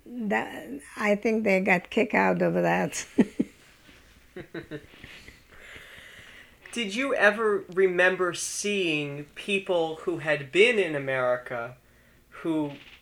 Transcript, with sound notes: I think they got a kick out of that. ( they laugh )
Did you ever remember seeing people who had been in America who,